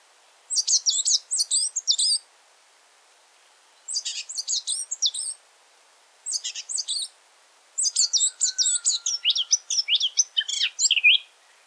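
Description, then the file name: Eurasian blackcap song in four bursts of rapid, scratchy warbling separated by short silences, the last phrase the longest and most varied. "Sylvia atricapilla"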